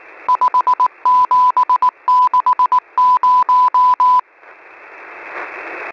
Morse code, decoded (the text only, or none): 5760